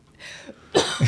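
One or two short, harsh cough bursts after a soft breath from an adult woman who fell sick suddenly that afternoon, the cough set off by laughing, in a quiet room.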